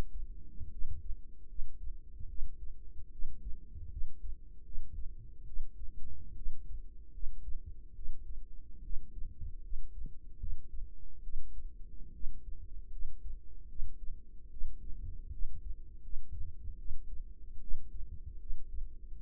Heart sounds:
heart sounds by microphone in the right ear; 75 bpm
0.70 s: heartbeat
1.47 s: heartbeat
2.27 s: heartbeat
3.11 s: heartbeat
3.90 s: heartbeat
4.63 s: heartbeat
5.45 s: heartbeat
6.35 s: heartbeat
7.12 s: heartbeat
7.94 s: heartbeat
8.82 s: heartbeat
9.62 s: heartbeat
10.38 s: heartbeat
11.22 s: heartbeat
12.13 s: heartbeat
12.90 s: heartbeat
13.68 s: heartbeat
14.50 s: heartbeat
15.31 s: heartbeat
16.02 s: heartbeat
16.77 s: heartbeat
17.60 s: heartbeat
18.39 s: heartbeat
19.15 s: heartbeat
From the record:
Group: healthy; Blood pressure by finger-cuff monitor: 100/52 mmHg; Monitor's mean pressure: 67 mmHg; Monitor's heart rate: 74 bpm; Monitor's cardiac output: 7 L/min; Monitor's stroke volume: 95 mL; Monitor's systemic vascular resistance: 680 dyn s/cm5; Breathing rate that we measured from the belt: 21 breaths a minute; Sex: female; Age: 22 years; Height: 157 cm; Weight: 47.6 kg

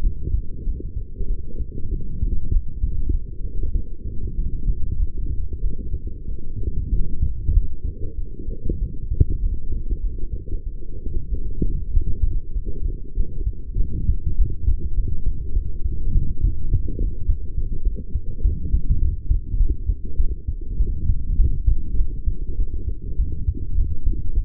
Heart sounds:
heart sounds by stethoscope; 99 bpm
0.01 s: heartbeat
0.64 s: heartbeat
1.27 s: heartbeat
1.90 s: heartbeat
2.51 s: heartbeat
3.11 s: heartbeat
3.73 s: heartbeat
4.36 s: heartbeat
4.98 s: heartbeat
5.61 s: heartbeat
6.26 s: heartbeat
6.90 s: heartbeat
7.53 s: heartbeat
8.16 s: heartbeat
8.79 s: heartbeat
9.41 s: heartbeat
10.02 s: heartbeat
10.64 s: heartbeat
11.29 s: heartbeat
11.92 s: heartbeat
12.54 s: heartbeat
13.15 s: heartbeat
13.77 s: heartbeat
14.37 s: heartbeat
14.95 s: heartbeat
15.54 s: heartbeat
16.13 s: heartbeat
16.70 s: heartbeat
17.26 s: heartbeat
17.84 s: heartbeat
18.42 s: heartbeat
19.00 s: heartbeat
19.58 s: heartbeat
20.17 s: heartbeat
20.78 s: heartbeat
21.37 s: heartbeat
21.96 s: heartbeat
22.56 s: heartbeat
23.17 s: heartbeat
23.76 s: heartbeat
24.35 s: heartbeat
From the record:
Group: healthy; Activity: light exercise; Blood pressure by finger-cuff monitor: 104/75 mmHg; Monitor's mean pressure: 84 mmHg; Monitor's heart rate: 97 bpm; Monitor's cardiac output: 6.6 L/min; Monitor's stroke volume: 68 mL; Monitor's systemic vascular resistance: 920 dyn s/cm5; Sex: female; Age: 23 years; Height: 160 cm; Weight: 50.4 kg

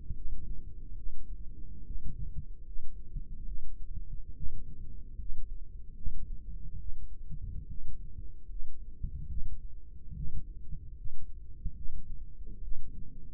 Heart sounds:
heart sounds by microphone in the right ear; 72 bpm
0.13 s: heartbeat
0.95 s: heartbeat
1.83 s: heartbeat
2.63 s: heartbeat
3.44 s: heartbeat
4.33 s: heartbeat
5.16 s: heartbeat
5.94 s: heartbeat
6.77 s: heartbeat
7.66 s: heartbeat
8.46 s: heartbeat
9.27 s: heartbeat
10.12 s: heartbeat
10.93 s: heartbeat
11.73 s: heartbeat
12.60 s: heartbeat
From the record:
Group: healthy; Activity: rest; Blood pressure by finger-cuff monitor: 78/50 mmHg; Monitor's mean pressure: 60 mmHg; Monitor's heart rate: 73 bpm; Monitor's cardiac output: 5.9 L/min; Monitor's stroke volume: 82 mL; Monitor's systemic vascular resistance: 710 dyn s/cm5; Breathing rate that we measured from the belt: 22 breaths a minute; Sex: female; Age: 22 years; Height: 163 cm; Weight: 67.1 kg

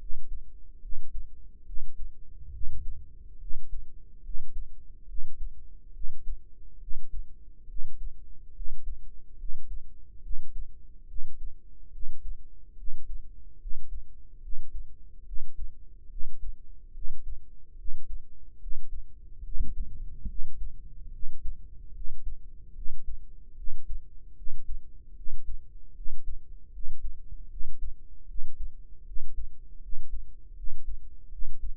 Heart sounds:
heart sounds by microphone in the right ear; 73 bpm
0.79 s: heartbeat
1.63 s: heartbeat
2.50 s: heartbeat
3.37 s: heartbeat
4.21 s: heartbeat
5.05 s: heartbeat
5.91 s: heartbeat
6.78 s: heartbeat
7.66 s: heartbeat
8.52 s: heartbeat
9.36 s: heartbeat
10.20 s: heartbeat
11.06 s: heartbeat
11.90 s: heartbeat
12.75 s: heartbeat
13.57 s: heartbeat
14.40 s: heartbeat
15.23 s: heartbeat
16.07 s: heartbeat
16.91 s: heartbeat
17.75 s: heartbeat
18.58 s: heartbeat
19.41 s: heartbeat
20.25 s: heartbeat
21.10 s: heartbeat
21.91 s: heartbeat
22.72 s: heartbeat
23.54 s: heartbeat
24.33 s: heartbeat
25.13 s: heartbeat
25.92 s: heartbeat
26.70 s: heartbeat
27.47 s: heartbeat
28.25 s: heartbeat
29.03 s: heartbeat
29.79 s: heartbeat
30.54 s: heartbeat
31.29 s: heartbeat
From the record:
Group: healthy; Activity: rest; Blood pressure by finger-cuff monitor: 99/67 mmHg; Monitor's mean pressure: 77 mmHg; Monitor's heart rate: 72 bpm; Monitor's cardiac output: 5.3 L/min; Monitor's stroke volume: 74 mL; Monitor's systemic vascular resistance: 1040 dyn s/cm5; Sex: female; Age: 22 years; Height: 160 cm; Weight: 45 kg

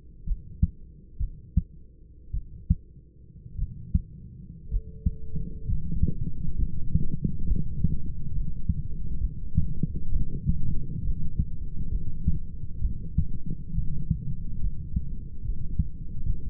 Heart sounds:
heart sounds by stethoscope; 64 bpm
0.25 s: heartbeat
1.18 s: heartbeat
2.32 s: heartbeat
3.57 s: heartbeat
4.69 s: heartbeat
5.66 s: heartbeat
6.57 s: heartbeat
7.46 s: heartbeat
8.32 s: heartbeat
9.19 s: heartbeat
10.10 s: heartbeat
11.03 s: heartbeat
11.90 s: heartbeat
12.80 s: heartbeat
13.73 s: heartbeat
14.61 s: heartbeat
15.43 s: heartbeat
16.24 s: heartbeat
From the record:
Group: healthy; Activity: rest 0-15 s, light exercise 15-17 s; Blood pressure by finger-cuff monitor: 159/69 mmHg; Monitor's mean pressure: 93 mmHg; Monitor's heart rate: 66 bpm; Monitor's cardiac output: 6.3 L/min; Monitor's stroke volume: 103 mL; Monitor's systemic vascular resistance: 1080 dyn s/cm5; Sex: male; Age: 25 years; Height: 170 cm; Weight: 70.4 kg

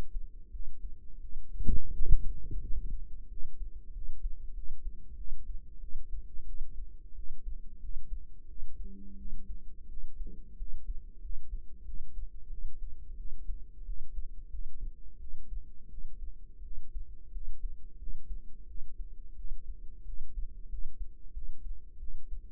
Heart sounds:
heart sounds by microphone in the right ear; 89 bpm
0.49 s: heartbeat
1.19 s: heartbeat
1.89 s: heartbeat
2.59 s: heartbeat
3.27 s: heartbeat
3.91 s: heartbeat
4.52 s: heartbeat
5.15 s: heartbeat
5.78 s: heartbeat
6.44 s: heartbeat
7.13 s: heartbeat
7.78 s: heartbeat
8.46 s: heartbeat
9.15 s: heartbeat
9.86 s: heartbeat
10.55 s: heartbeat
11.19 s: heartbeat
11.83 s: heartbeat
12.48 s: heartbeat
13.15 s: heartbeat
13.84 s: heartbeat
14.48 s: heartbeat
15.17 s: heartbeat
15.88 s: heartbeat
16.61 s: heartbeat
17.30 s: heartbeat
17.97 s: heartbeat
18.65 s: heartbeat
19.34 s: heartbeat
20.04 s: heartbeat
20.68 s: heartbeat
21.32 s: heartbeat
21.98 s: heartbeat
From the record:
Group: healthy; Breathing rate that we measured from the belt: 9 breaths a minute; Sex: female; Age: 19 years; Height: 163 cm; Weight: 48.9 kg

